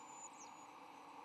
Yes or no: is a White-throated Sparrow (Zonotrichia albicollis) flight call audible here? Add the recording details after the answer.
no. No flight call is heard. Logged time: 11:26 on 8 November 2014